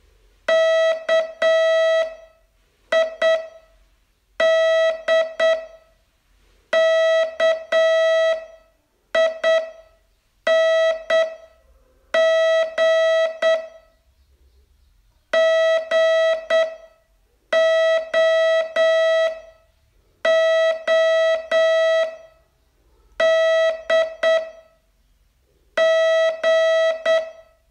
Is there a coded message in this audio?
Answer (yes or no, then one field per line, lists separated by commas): yes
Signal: Morse code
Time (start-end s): 0.5-27.2 s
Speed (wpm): 8 wpm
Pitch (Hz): 650 Hz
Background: music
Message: KID KING GOO D G